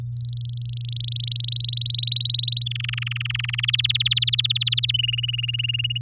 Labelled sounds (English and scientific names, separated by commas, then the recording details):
Domestic Canary (Serinus canaria) song
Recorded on 9 May 2018 at 06:21
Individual llb16